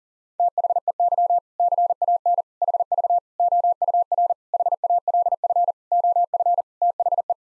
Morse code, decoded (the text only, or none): THEY CAN HV OUR HALF OF THE